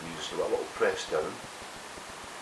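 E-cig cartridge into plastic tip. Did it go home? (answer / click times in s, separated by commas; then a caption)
no / none. An e-cig cartridge is being handled at the plastic tip of an electronic cigarette while someone talks over a steady background hiss. Nothing has seated or clicked yet.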